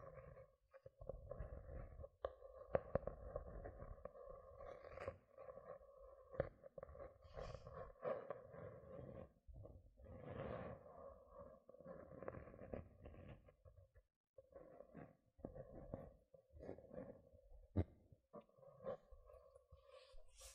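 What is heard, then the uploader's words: Gentle scratching sounds come in soft, uneven bursts of rasping strokes with brief pauses between them. A steady low hum runs underneath throughout, with occasional sharper taps and thumps, the busiest stretch falling in the first few seconds. ASMR 6 Tingly Gentle Scratching Sounds (No Talking).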